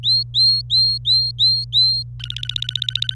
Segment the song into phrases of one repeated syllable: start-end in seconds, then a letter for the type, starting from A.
0.03-2.03 A, 2.20-3.14 B